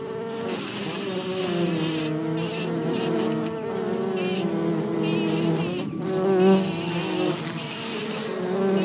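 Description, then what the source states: Bumblebees humming in a thick, constant buzz with overlapping tones and a higher hiss. Bumblebees in their hive.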